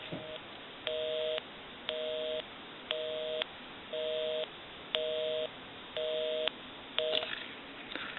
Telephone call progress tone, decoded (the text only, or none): busy tone